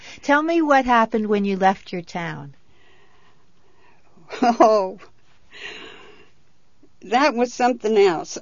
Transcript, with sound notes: Tell me what happened when you left your town?
( she laughs ) Ho! That was something else.